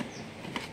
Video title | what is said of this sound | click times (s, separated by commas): Asian Paints Trucare Paint Sprayer 800w unboxing and first impressions in telugu | lock అయిపోతుంది. | 0.6 s